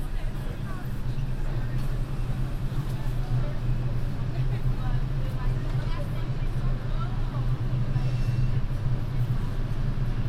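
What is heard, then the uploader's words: Binaural ride on the MTA: a steady low engine rumble fills the whole stretch, with faint voices talking over it throughout. A binaural field recording, from the Queens Museum to my apartment in Harlem via the MTA.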